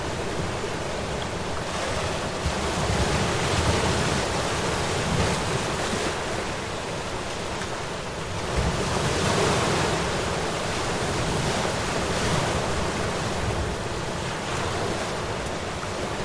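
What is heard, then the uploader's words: Ocean waves wash steadily near an iceberg, a dense constant rush with gentle swells around four and nine seconds and faint wind. Ocean Waves at an Iceberg.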